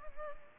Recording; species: mosquito wingbeat signal from an infrared sensor; Culex pipiens